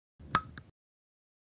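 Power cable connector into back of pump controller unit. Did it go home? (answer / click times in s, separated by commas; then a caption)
yes / 0.3 s. The power cable plug of a Melio leg bag pump is pushed into the back of the battery controller unit until it clicks into place. A sharp, bright click is heard at 0.3 s over a faint low rumble, followed by a quieter tick at 0.6 s. The connector is seated.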